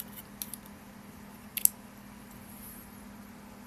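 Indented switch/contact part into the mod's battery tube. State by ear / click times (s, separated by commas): not seated / none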